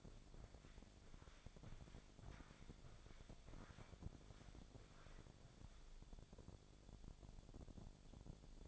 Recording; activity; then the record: daily activity, microphone in the room; walk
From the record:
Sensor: 5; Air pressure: 1000.6 hPa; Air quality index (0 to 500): 139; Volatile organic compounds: 2 ppm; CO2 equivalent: 1079 ppm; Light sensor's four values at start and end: 47/110/45/48 and 47/110/46/48